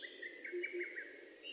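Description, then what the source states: Bird singing a run of quick, falling chirps with a higher note at the end, low whistled notes beneath, and steady hiss throughout. Song recorded in Japan on 29 May 2004.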